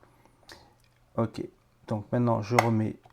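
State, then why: Not seated. A plastic cover is being handled and refitted into the housing of a Creality Sonic Pad touchscreen controller during reassembly. Someone talks over a low steady hum, with only a few faint ticks. Nothing has seated or clicked into place yet.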